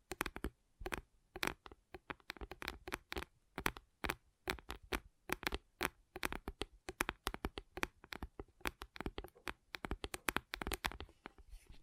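Gentle tapping in quick, uneven runs, each tap a short sharp click with a soft low thump beneath it. Clusters of several taps alternate with brief pauses throughout, keeping a busy, irregular rhythm. Between taps there is near silence, with a faint hiss.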